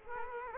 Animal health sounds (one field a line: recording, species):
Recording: mosquito wingbeat signal from an infrared sensor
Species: Culex quinquefasciatus